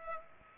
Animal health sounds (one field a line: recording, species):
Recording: mosquito wingbeat signal from an infrared sensor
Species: Aedes aegypti